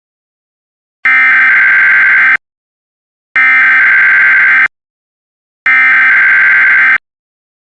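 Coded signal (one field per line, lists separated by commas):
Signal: Emergency Alert System (SAME) tones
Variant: header bursts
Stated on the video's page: Mock EAS tornado warning, not a real alert.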